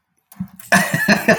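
After a brief indrawn breath and throat noise comes a rapid string of about four harsh, voiced coughs in under a second, in a small room. This is a repetitive cough in an adult on day five of a COVID-19 infection, their second, with fevers, sweats and chills and frequent coughing.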